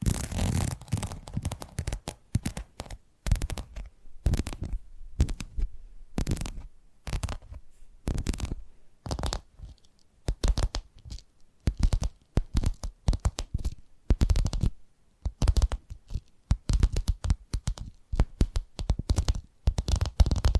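Quick bursts of tapping on hard surfaces, each a sharp crisp click with a short papery edge. The taps come in irregular clusters throughout, sometimes fast rattling runs, sometimes sparse single hits with brief silences between. Nothing else is heard behind them.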